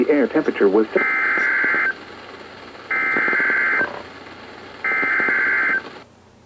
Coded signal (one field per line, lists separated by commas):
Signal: Emergency Alert System (SAME) tones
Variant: header bursts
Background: speech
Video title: EAS #459-#485: No Rest! | KHB36, WXM42, WNG736, KEC83, & WXK97